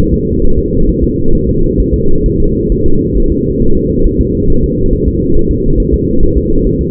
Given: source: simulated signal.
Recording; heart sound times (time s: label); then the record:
fetal heart sounds
0.14 s: S2
0.45 s: S1
0.59 s: S2
0.89 s: S1
1.04 s: S2
1.35 s: S1
1.49 s: S2
1.80 s: S1
1.94 s: S2
2.26 s: S1
2.40 s: S2
2.72 s: S1
2.86 s: S2
3.18 s: S1
3.32 s: S2
3.62 s: S1
3.76 s: S2
4.06 s: S1
4.21 s: S2
4.50 s: S1
4.64 s: S2
4.93 s: S1
5.07 s: S2
5.37 s: S1
5.51 s: S2
5.80 s: S1
5.94 s: S2
6.23 s: S1
6.38 s: S2
6.67 s: S1
6.81 s: S2
From the record:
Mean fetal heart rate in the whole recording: 135 bpm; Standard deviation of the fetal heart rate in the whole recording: 3 bpm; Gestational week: 36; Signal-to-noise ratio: -19.1 dB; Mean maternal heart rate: 72 bpm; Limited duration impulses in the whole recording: present